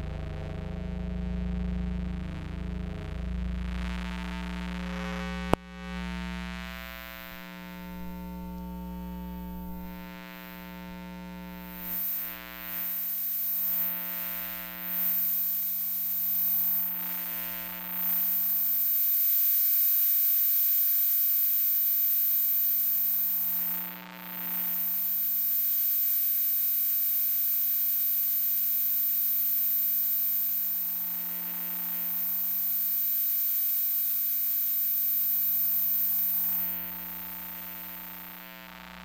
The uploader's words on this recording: Electromagnetic Listening. Humidifier Laptop Cell Phone Digital Recorder VHS Player Flatscreen TV (LCD) Window Fan Cordless Telephone Carbon Monoxide Detector.